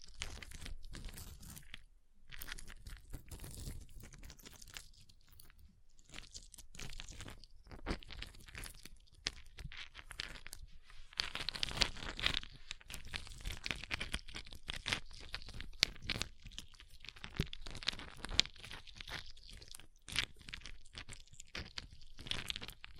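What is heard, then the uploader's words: Dry crunching and scraping on ice, with quick taps and scratches packed densely throughout. Bursts of brighter, gritty carving come around 12 seconds and again near 22 seconds. ASMR Ice Tapping, Scratching, Carving Sounds (No Talking).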